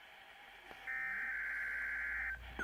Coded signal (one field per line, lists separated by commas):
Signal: Emergency Alert System (SAME) tones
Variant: header bursts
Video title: EAS #454-455: Required Weekly Test